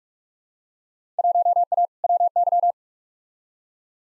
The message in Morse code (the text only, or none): 1A WY